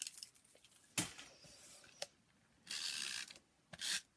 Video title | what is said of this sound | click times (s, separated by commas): Winter Cards with Lovely as a Tree | this is the new one pull the cardboard out of it and it just pops into place until | 1.0 s